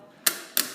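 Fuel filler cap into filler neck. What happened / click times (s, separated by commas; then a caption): The filler cap's ratchet clicked as it was tightened / 0.3 s, 0.6 s. A Range Rover fuel filler cap is turned firmly clockwise in its filler neck to re-secure it, and its ratchet gives two sharp, bright clicks at 0.3 s and 0.6 s, each fading over a short tail. The cap is tightened.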